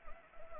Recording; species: mosquito wingbeat signal from an infrared sensor; Anopheles arabiensis